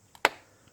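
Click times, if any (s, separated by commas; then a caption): 0.2 s. After a new engine air filter is installed in a 2012–2015 Toyota Camry, the plastic or metal spring clip on the air filter housing lid is pushed back into place. A faint tap at 0.15 s is followed by a sharp, loud click at 0.3 s that briefly rings before fading. The clip snaps shut and is seated.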